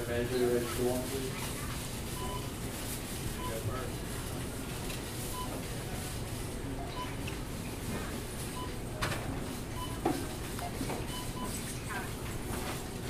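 A grocery store aisle with a steady low rumble and murmur of customers talking throughout. Brief rattles and clatters, likely carts rolling, come through around the middle and near ten seconds, over a constant hum of the store.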